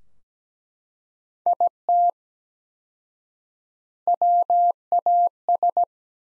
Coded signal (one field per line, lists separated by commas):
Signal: Morse code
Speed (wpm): 17 wpm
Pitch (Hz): 700 Hz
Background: none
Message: IT WAS